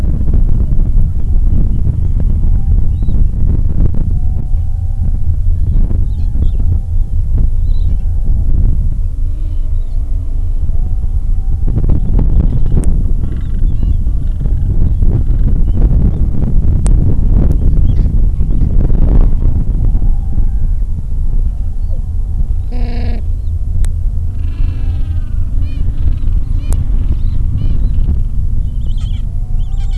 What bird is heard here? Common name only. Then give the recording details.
Gentoo Penguin. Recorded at the colony at Whistle Cove, on 23 December 2014. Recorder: Song Meter SM2+